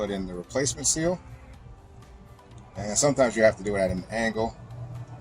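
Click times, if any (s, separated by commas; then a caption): none. A replacement rubber seal is handled and pressed at an angle toward the groove of a truck air-brake glad hand coupling while someone talks. Nothing has seated or clicked into place yet by the end of the clip.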